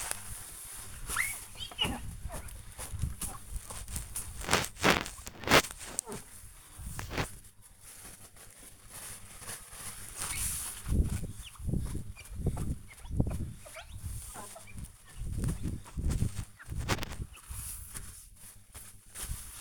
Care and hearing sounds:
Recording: household activities, microphone on the right wrist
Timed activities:
0.00-19.61 s: window cleaning

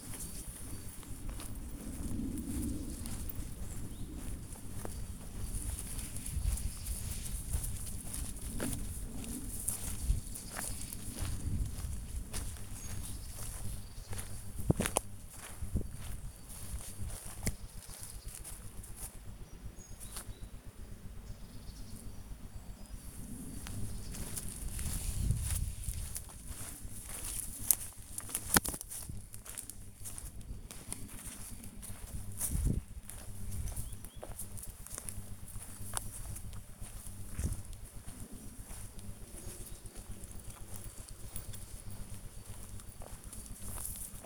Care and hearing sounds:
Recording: household activities, microphone on the right wrist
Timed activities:
0.00-44.25 s: going for a walk with dog

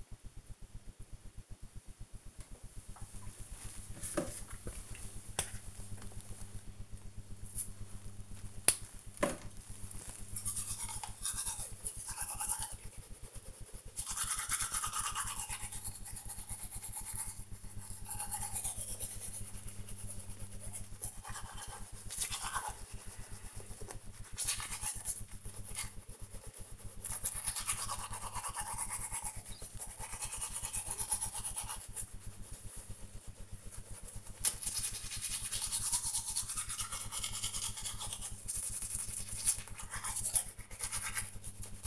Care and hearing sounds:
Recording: household activities, microphone on the right wrist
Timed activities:
1.54-41.87 s: brushing teeth

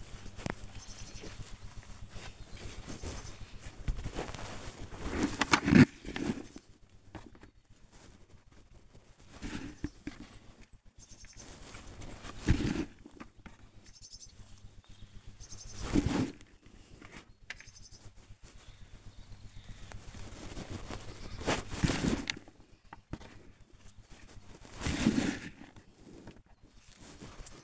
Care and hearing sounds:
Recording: household activities, microphone on the right wrist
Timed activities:
0.00-27.64 s: working in the garden

